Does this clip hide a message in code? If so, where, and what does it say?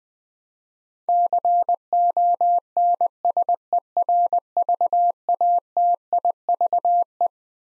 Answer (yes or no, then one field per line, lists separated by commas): yes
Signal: Morse code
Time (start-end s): 1.1-7.3 s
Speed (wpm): 20 wpm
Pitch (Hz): 700 Hz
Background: none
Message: CONSERVATIVE